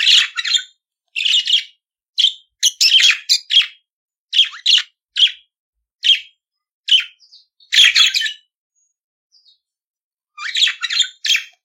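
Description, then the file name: Budgerigar warble of quick scratchy notes and chirps in short bursts, nearly continuous with small gaps, ending after a pause in another chattering run. "Canto do periquito australiano"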